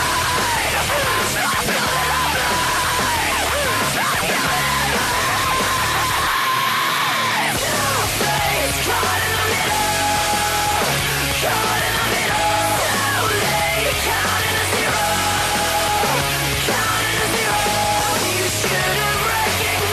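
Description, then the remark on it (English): A person yells loudly and repeatedly over a dense, busy background, the shouted voice rising and falling in strained bursts for the whole stretch. “Stop yelling at me!”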